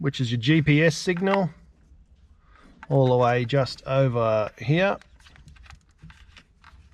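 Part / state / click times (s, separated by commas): GPS antenna plug into car stereo head unit / not seated / none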